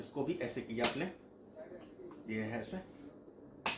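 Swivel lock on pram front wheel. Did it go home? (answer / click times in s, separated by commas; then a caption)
yes / 3.7 s. Someone talks while pressing the swivel lock on the other front wheel of a Mee Mee MM 50B pram. A crisp plastic click sounds at 3.7 s as the second wheel's swivel lock seats, locking the wheel's rotation.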